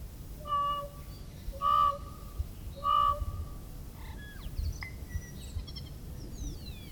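Tui song: three full, harmonic notes about a second apart, then a run of clicks, squeaks and falling whistled sweeps over low background noise.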